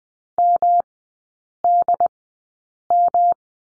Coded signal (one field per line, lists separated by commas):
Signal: Morse code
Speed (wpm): 20 wpm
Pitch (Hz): 700 Hz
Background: none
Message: MDM